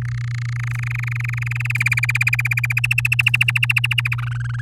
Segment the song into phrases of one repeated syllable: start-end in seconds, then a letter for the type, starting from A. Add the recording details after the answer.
0.02-1.72 A, 1.75-2.80 B, 2.84-4.15 C, 4.18-4.61 D. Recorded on 8 May 2018 at 05:35. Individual llb16